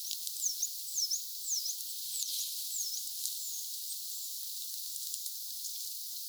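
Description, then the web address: Eurasian treecreeper calls: a series of thin, high notes, several close together at first, then fainter similar notes over steady background hiss. Recorded 9 January 2025; possibly an eastern treecreeper, with some calls resembling yellow-browed warbler or coal tit. "9 1 2025 ilmeisesti sellainen ehka itainen puukiipalintu vahan ehka taigauunilintumaisia tai kuusitiaismaisia aania"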